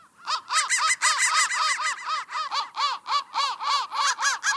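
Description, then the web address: Crow cawing: a continuous stream of harsh, nasal caws, fast and fairly regular at about three to four per second, loud throughout. "soundfactory crow"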